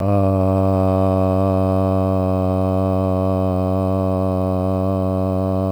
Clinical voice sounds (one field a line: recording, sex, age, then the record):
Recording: sustained vowel /a/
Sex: male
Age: 60 to 69 years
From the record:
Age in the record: 63 years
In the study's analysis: included